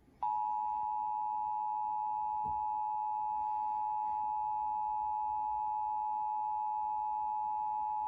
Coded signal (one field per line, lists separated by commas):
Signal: Emergency Alert System (SAME) tones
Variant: 853 and 960 Hz attention tone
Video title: EAS 779-780 - WFLS (Fredericksburg, VA) RMT